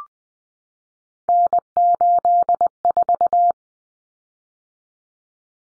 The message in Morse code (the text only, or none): N84